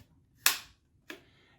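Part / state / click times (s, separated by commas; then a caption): crevice tool onto cordless vacuum nozzle / seated / 0.5 s. A crevice tool is pushed, red part up, onto the nozzle of a SunSare X7A cordless vacuum cleaner until it snaps home with a sharp plastic click at 0.5 s. A fainter, shorter click follows at 1.1 s. The crevice tool is seated on the vacuum.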